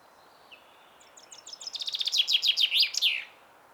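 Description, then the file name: Common chaffinch song, a run of crisp repeated notes that drops in pitch and closes with a quick flourish; quiet background hiss. "Fringilla coelebs"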